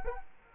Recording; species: mosquito wingbeat signal from an infrared sensor; Culex quinquefasciatus